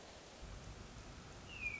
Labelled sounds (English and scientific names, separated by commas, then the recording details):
Hermit Thrush (Catharus guttatus)
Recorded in Sonoma County, California